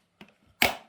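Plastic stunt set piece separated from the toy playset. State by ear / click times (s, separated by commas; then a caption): released / 0.2 s, 0.6 s. A plastic piece of a Hot Wheels Monster Trucks Stunt Tire playset is opened and separated from the set. Two sharp plastic clicks sound at 0.2 s and 0.6 s, the second much louder, and the piece comes free.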